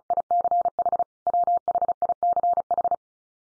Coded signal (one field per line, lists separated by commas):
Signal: Morse code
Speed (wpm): 34 wpm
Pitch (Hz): 700 Hz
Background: none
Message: ICH WHICH